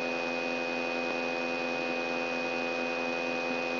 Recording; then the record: brain microelectrode recording played as sound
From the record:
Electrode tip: outside the subthalamic nucleus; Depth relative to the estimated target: 4 mm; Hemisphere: left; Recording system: AlphaMap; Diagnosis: Parkinson's disease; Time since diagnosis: 9 years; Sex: female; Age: 46 years